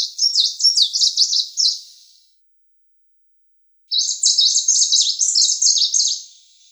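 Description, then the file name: Tickell's leaf warbler: a high trilling phrase of quick jumpy notes, a pause of nearly two seconds, then a longer run of similar notes. "Penochka zheltobrjuhaja"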